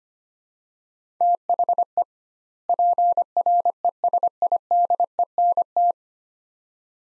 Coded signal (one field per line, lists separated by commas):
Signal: Morse code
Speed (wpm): 25 wpm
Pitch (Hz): 700 Hz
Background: none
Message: THE PRESIDENT